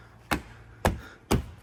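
The plastic access cover over the HEPA replacement cabin air filter in a Rivian's front trunk trim panel is pounded down by hand so its clips snap into place. Three sharp hits, each a hand strike and a clip snap, land at 0.3, 0.9 and 1.3 seconds. The cover ends up seated.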